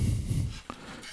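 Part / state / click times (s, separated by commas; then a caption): mounting bracket onto monitor stand / seated / 0.7 s. A mounting bracket is fitted onto a monitor stand or arm with a thumb screw while a PC setup is being moved. Low rumbling handling noise fills the first half second and then quiets. A single sharp click at 0.7 s marks the bracket locking in place.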